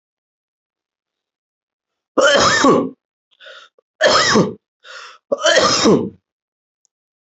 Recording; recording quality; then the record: heavy voluntary cough; excellent, no background noise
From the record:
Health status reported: healthy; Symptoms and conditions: none ticked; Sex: male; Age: 32 years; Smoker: not ticked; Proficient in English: yes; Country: India